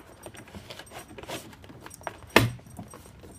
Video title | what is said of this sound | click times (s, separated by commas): Ride-On Toy Hummer 6V - Assembly Guide | make sure you rotate it until it locks into place | 2.4 s